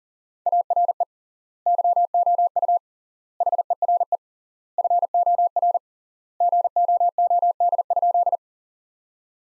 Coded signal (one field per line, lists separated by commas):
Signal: Morse code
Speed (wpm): 40 wpm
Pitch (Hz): 700 Hz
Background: none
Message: ARE YOU HERE FOR GOOD?